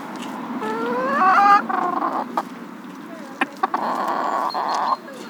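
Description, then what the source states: Chicken calls: rising harmonic squawks around one second, then a broad noisy cackle and sharp clicks against a steady low background hum. Several chickens.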